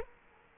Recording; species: mosquito wingbeat signal from an infrared sensor; Culex quinquefasciatus